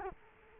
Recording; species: mosquito wingbeat signal from an infrared sensor; Culex quinquefasciatus